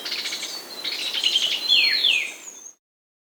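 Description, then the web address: Fulvous wren song: a burst of buzzy, rapid high notes followed by clear whistled phrases sliding downward, ending abruptly. South America. "Natures Songs S America Fulvous Wren (Cinnycerthia Fulva)"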